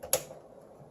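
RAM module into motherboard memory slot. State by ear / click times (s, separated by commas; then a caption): seated / 0.1 s. A second RAM module is pushed into its motherboard memory slot and its side clips snap shut. A faint tick comes first, then a sharp, bright click at 0.1 s, followed by quiet. The module is seated.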